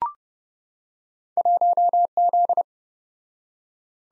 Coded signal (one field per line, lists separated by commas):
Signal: Morse code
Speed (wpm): 28 wpm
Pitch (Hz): 700 Hz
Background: none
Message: 1Z